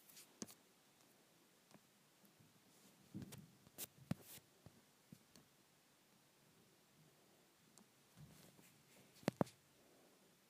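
Rubbing a phone produces scattered brushing and scraping noises over a quiet, hushed background. Short sharp clicks and scrapes appear irregularly, with busier clusters around three to four seconds and again near eight to nine and a half seconds, where one louder tap stands out.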